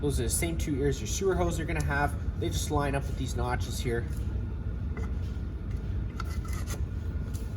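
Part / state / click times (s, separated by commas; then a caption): sewer hose fitting onto trailer sewer outlet / seated / 6.2 s. Someone talks while a bayonet-style fitting with two ears is lined up with the notches on the main sewer outlet of a 2014 Gulfstream Serenity 199RB trailer, the same way a sewer hose fitting attaches. The fitting is twisted and gives a sharp click at 6.2 s as it locks into place on the outlet, followed by a softer rubbing sound.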